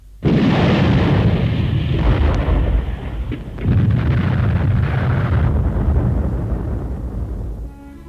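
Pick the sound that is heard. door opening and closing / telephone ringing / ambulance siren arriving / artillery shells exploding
artillery shells exploding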